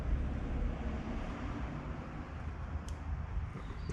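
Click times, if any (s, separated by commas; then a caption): 2.9 s. A crimped pin terminal is pushed from the back into a sealed automotive Deutsch connector housing on a wiring harness for an intake manifold. Over a steady low rumble, a short, sharp click at 2.9 s marks the terminal locking into place, seated.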